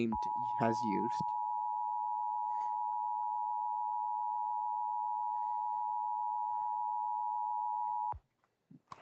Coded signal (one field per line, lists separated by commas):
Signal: Emergency Alert System (SAME) tones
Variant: 853 and 960 Hz attention tone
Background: speech